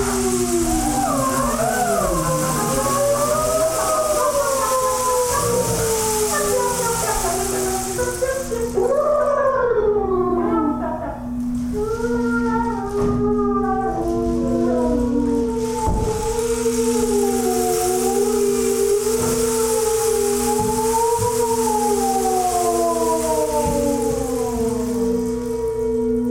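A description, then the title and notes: A steady tambura drone holds underneath swooping, sliding tones, with a rain stick's hiss on top that briefly drops out near ten seconds. Rain stick, drum, tambura and other light percussion.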